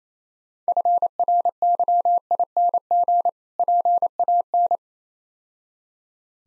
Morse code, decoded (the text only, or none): FRYING PAN